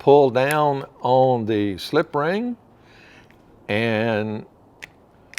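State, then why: Seated. Someone talks while a low-pressure inflator hose's metal quick-disconnect coupler is pushed onto a BCD inflator's silver Schrader valve with the slip ring held down. The slip ring is released, slides up and locks with a sharp click at 5.4 s, seating the coupler on the valve.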